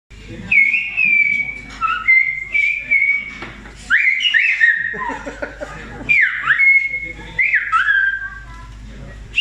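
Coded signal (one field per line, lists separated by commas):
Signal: whistled language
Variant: Silbo Gomero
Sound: loud gliding whistles rising and falling in short phrases, with some held notes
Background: background chatter, room noise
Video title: El Silbo Gomero Demostración Restaurante Mirador Abrante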